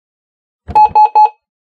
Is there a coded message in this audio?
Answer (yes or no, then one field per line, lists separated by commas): no